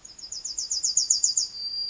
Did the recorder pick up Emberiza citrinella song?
yes